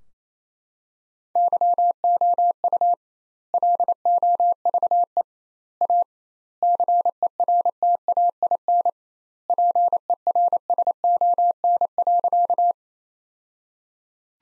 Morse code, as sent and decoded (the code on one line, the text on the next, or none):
-.-- --- ..- / .-.. --- ...- . / .- / -.-. . .-. - .- .. -. / .--. . .-. ... --- -. .-.-.-
YOU LOVE A CERTAIN PERSON.